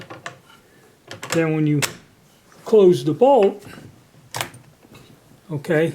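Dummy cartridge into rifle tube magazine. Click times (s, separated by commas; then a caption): 0.3 s. A dummy cartridge built on a fired brass case is pushed into the tube magazine of a Steyr 1886 Kropatschek carbine until it clicks past the magazine catch, with a sharp click at 0.3 s. Someone talks, and more short mechanical knocks follow around 1.1 s and 4.4 s. The cartridge is seated in the magazine.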